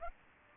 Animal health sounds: mosquito wingbeat signal from an infrared sensor; Aedes aegypti

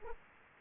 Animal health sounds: mosquito wingbeat signal from an infrared sensor; Culex quinquefasciatus

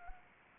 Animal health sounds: mosquito wingbeat signal from an infrared sensor; Anopheles arabiensis

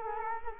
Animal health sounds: mosquito wingbeat signal from an infrared sensor; Culex quinquefasciatus

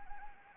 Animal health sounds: mosquito wingbeat signal from an infrared sensor; Anopheles arabiensis

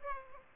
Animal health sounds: mosquito wingbeat signal from an infrared sensor; Aedes aegypti

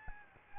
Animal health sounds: mosquito wingbeat signal from an infrared sensor; Aedes albopictus

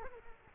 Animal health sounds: mosquito wingbeat signal from an infrared sensor; Culex quinquefasciatus

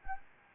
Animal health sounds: mosquito wingbeat signal from an infrared sensor; Anopheles gambiae

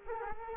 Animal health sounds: mosquito wingbeat signal from an infrared sensor; Culex quinquefasciatus

